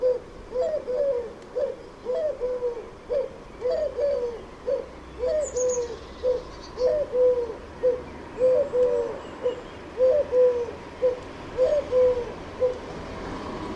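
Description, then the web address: Bird calls: low hooting notes in short bursts, repeated steadily roughly every second and a half throughout, over a soft background hiss. "Deverinetal 2025 File origin Bird Only"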